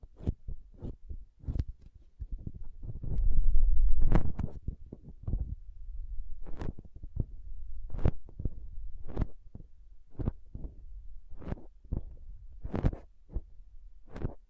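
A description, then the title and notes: Soft, squishy, sticky handling sounds with crinkles and cutting, heard as a string of short sharp clicks and snaps spread irregularly across the clip. A denser, louder patch of rustling and squelching swells around the third to fifth second. Low rumbling thuds sit underneath throughout. Soft Squishy Sticky, Crinkle, Cutting Sounds.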